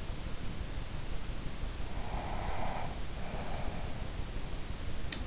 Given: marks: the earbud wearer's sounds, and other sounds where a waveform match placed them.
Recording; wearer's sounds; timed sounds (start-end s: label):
sounds in sleep by an in-ear microphone; breath
1.95-3.80 s: breath